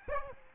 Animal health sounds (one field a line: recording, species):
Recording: mosquito wingbeat signal from an infrared sensor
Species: Aedes aegypti